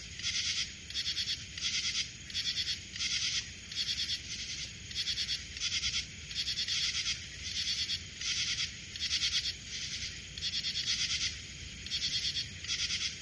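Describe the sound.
Cricket calling in a long regular series of pulsed chirps, each under a second, with a low background hum.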